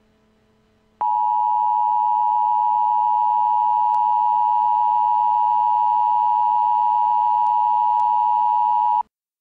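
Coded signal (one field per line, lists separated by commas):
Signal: Emergency Alert System (SAME) tones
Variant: 853 and 960 Hz attention tone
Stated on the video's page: Simulated EAS scenario.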